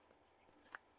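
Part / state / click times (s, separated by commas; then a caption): adjustable cap on a plastic air freshener container / seated / 0.8 s. An adjustable top is pressed back onto a small plastic air freshener container until it clicks into place. A single sharp click sounds at 0.8 s over a quiet background, and a second brief tick comes at 1.0 s as the clip ends. The cap is seated.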